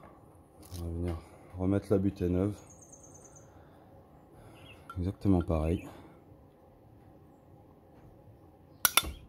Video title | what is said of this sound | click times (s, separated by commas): [RÉPARATION] Golf 6 2.0 TDI CBDC : remplacement de l'embrayage | Voilà, c'est clipsé, | 8.9 s